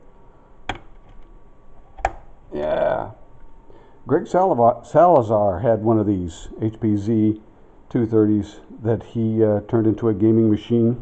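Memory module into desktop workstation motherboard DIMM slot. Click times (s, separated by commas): 0.7 s, 2.1 s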